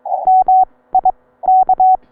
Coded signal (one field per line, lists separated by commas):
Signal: Morse code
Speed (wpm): 22 wpm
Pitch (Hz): 750 Hz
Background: none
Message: MIK